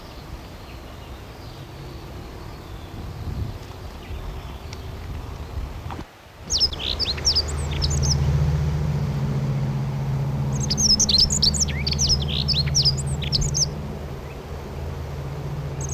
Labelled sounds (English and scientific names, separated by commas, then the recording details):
Dunnock (Prunella modularis) song
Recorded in the wild
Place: Krombachtalsperre, DE
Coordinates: 50.6217, 8.12722
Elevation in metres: 530
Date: 1964-03-23
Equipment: Uher Report 4000, AKG D190
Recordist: Krey, Winfried